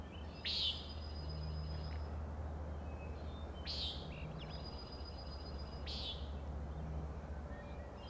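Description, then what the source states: Common nighthawk uttering three buzzy peents a few seconds apart, with thin trilling notes between them over a steady low hum. Peenting calls at 4am on 16 June 2017, Schoodic Head overlook, Winter Harbor, Maine; birds flying in close follow-the-leader formation near the recordist.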